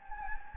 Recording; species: mosquito wingbeat signal from an infrared sensor; Anopheles gambiae